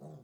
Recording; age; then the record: pig call; piglet (1 to 25 days)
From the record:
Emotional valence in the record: negative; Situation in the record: long isolation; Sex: male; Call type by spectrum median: low-frequency call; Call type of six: low-frequency stable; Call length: 0.24 s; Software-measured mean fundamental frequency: 74 Hz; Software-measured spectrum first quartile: 160 Hz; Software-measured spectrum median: 284 Hz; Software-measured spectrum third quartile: 580 Hz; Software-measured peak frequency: 149 Hz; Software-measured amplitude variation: 84 dB a second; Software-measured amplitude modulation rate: 26.5 a second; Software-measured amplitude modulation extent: 3.2 dB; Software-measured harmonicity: 1.6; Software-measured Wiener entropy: 0.09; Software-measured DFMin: 1154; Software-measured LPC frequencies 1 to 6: 601, 3538, 4854, 6472, 8042, 9625 Hz